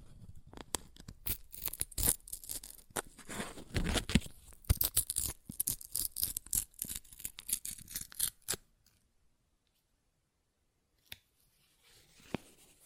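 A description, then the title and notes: Paper is ripped and torn in a busy, crackling run of sharp bursts for about eight seconds, with louder rips near the four-second mark. After that it falls almost silent, broken only by two small, isolated crinkles near the end, close and dry in a quiet room. ASMR Paper Ripping Tearing Sounds (No Talking).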